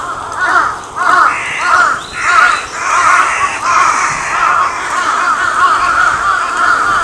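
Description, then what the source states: Crow cawing steadily, hoarse notes repeated in waves, a continuous run of harsh calls. Recorded 14 May 2022.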